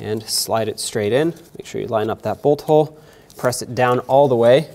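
A new variable valve timing solenoid for a 2003–2008 Toyota Corolla is being slid straight into its mounting bore in the engine cylinder head, lined up with the bolt hole and pressed down toward its O-ring seat. Someone talks throughout. The part has not seated or clicked yet when the clip ends.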